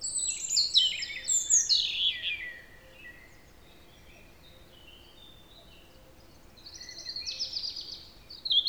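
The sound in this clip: European robin song: a rapid, high, twittering phrase of thin descending notes for over two seconds, a long pause, then another sparkling phrase near the end.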